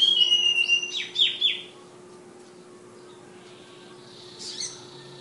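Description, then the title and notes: Flowerpecker song: a burst of high, thin, sharply sliding whistled notes in the first second and a half, then a short high flourish later, over a steady low hum. Tledekan, also called sulingan, named Ababil, from Kudus. "Tledekan/Sulingan ABABIL. Suara Burung Tledekan Ababil dari Kudus"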